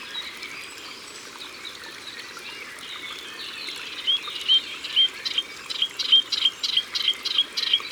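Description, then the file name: Melodious warbler song starting softly, then building into a rapid series of clear whistled and chattering notes over a steady background hiss. Recorded at the water's edge. "Hypolais polyglotte Au bord de leau"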